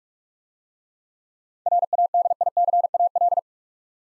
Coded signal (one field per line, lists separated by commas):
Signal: Morse code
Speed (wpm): 44 wpm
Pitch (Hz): 700 Hz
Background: none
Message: RADICAL